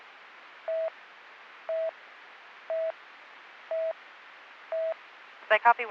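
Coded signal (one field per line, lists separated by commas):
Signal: none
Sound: police radio talk beeps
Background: speech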